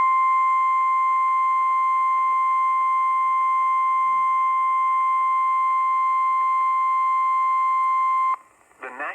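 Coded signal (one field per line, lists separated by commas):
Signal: Emergency Alert System (SAME) tones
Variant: 1050 Hz attention tone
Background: speech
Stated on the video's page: NOAA Weather Radio severe thunderstorm warning received via online stream.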